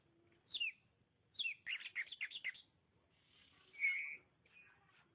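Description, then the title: Oriental magpie-robin song: a downslurred whistle, a rapid scratchy chatter, then a longer sustained whistle, with gaps between phrases. "Suara Kicauan Burung Kacer Durasi Panjang"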